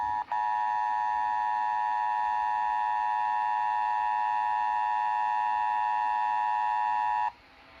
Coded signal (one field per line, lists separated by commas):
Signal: Emergency Alert System (SAME) tones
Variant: 853 and 960 Hz attention tone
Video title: EAS 853 - Tennessee mocking Tennessee RMT